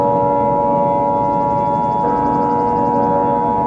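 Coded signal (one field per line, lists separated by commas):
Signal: Emergency Alert System (SAME) tones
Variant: 853 and 960 Hz attention tone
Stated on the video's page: Fictional scenario, not real.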